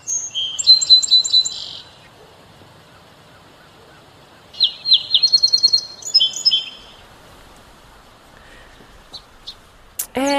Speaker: And that's the sound, if you can't pick it, of the house sparrow, the most common bird logged by backyard bird enthusiasts in the annual Garden Bird Survey.